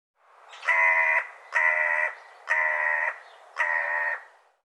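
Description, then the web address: Bird giving four harsh, nasal cawing calls, each about half a second long, spaced roughly one second apart, with a quiet background. "cianscape birddata Deverinetal"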